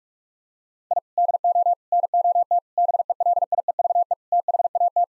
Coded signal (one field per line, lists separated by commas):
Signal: Morse code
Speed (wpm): 41 wpm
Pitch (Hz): 700 Hz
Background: none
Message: I DO NOT BELIEVE THAT